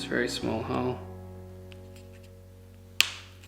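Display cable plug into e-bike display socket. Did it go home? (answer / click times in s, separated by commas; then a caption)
yes / 3.0 s. The small plug of an e-bike display cable is pushed into the display's very small socket while someone talks over background music. At 3.0 s there is a sharp, clear click as the plug latches and seats in the socket.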